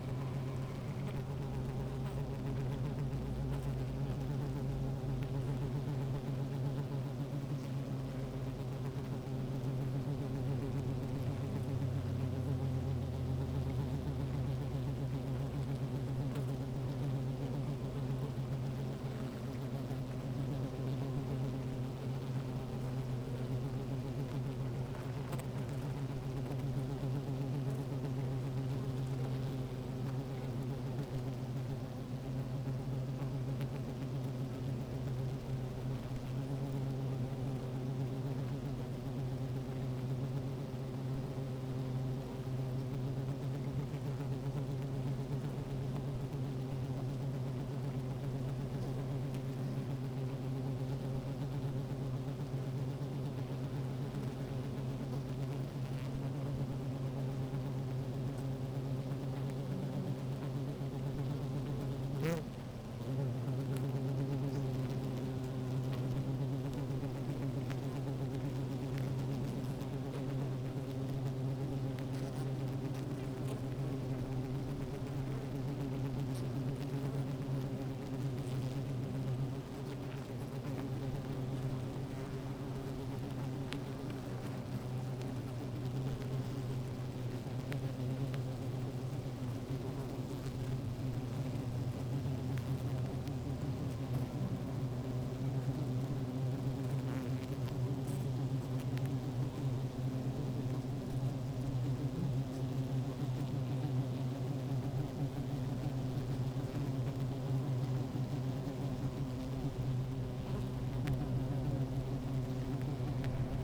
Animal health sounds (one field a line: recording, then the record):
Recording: honeybee colony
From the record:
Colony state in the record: active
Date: 28 July 2017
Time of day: 16:04